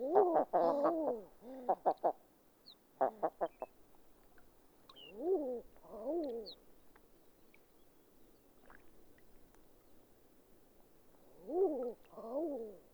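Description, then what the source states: Bird calls, low honking and wailing notes in rapid harmonic bursts at the start, then slurred rising-falling calls around five seconds and again near twelve seconds, with quiet gaps between. Two pairs calling in tundra pools.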